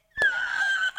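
A single thin, high-pitched squeak, steady in pitch and lasting about three-quarters of a second, follows a faint click. It is a hummingbird snoring: a tiny, whistle-like sound rather than the low rumble of a human snore.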